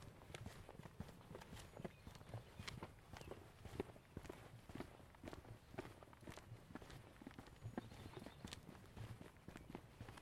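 Footsteps on a stroll in a Seattle neighborhood, a brisk, regular stream of crunchy steps over a low steady rumble throughout.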